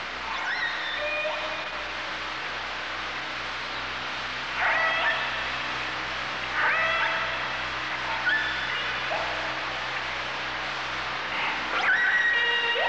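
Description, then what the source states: Dolphins whistling in bursts every few seconds over steady hiss and a low pulsing hum. Dolphins communicating.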